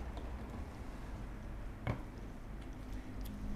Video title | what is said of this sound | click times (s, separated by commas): Wake up Cooffee สอนทำกาแฟตาแตกขาย พร้อมคำนวณต้นทุน - เชฟขวัญ | เปิดฝาเครื่องในไก่แล้วก็บิดเป็นดังแกร๊กแบบนี้นะครับ | 1.9 s